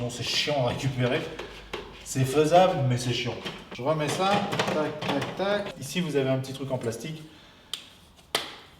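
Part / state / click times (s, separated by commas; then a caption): small plastic piece on a concealed toilet frame / released / 8.3 s. Someone talks while working on a Geberit wall-hung concealed toilet frame, then a small plastic piece on the frame is removed. After a faint tick at 7.7 s, it pops off with a sharp snap at 8.4 s and comes free without trouble.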